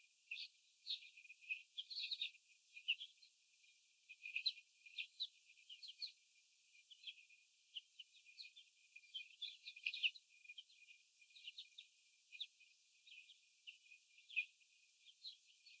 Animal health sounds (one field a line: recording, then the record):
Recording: young laying hens in a cage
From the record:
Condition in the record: after the stressor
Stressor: sudden umbrella opening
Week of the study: 3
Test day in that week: 2